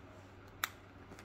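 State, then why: Seated. The plastic battery cover of a Shield TV remote control is slid back onto the remote body one-handed until it snaps shut. A sharp, bright snap is heard at 0.6 s over a low background hum, followed by a faint soft tick near 1.2 s. The cover is seated.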